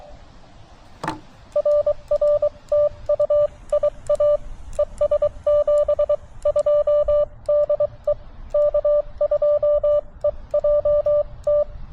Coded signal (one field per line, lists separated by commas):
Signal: Morse code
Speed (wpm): 23 wpm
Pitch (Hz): 590 Hz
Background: radio noise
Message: RR TU IA ES 72 DE K2EJT